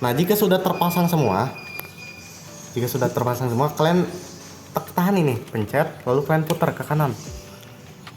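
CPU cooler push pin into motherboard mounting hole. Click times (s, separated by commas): 8.1 s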